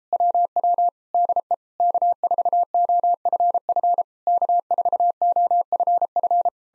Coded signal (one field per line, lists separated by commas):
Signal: Morse code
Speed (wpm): 37 wpm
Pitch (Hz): 700 Hz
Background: none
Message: WW DE K4OFF K4OFF